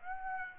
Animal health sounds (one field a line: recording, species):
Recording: mosquito wingbeat signal from an infrared sensor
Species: Aedes aegypti